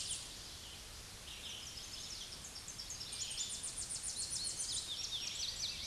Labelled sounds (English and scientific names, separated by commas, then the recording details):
Tennessee Warbler (Leiothlypis peregrina) song
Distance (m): 60 m
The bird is about 20 m above the microphone
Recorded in a Pennsylvania forest on 16 May 2024 at 07:07
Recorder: AudioMoth, point MSD-2429
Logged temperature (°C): 16.7 °C
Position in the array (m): 51 m, 62 m